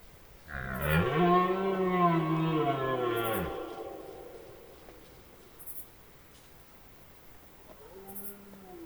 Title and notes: Observation sonore - Premier brame 2018. Haut Diois. cette nuit du 26 septembre. la Grande Sauterelle verte